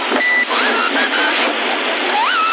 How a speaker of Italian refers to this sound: Adesso ma cosa ha messo? Il Roger Beep? No, il Roger Beep è sempre, è un Tornado 34S, ha solo Roger Beep.